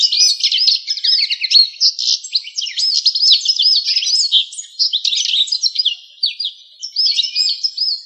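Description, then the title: Songbird delivering a rapid, jumbled twittering song of looping high notes and trills, running on almost without a break. "LuckyPassaros CompletosSama"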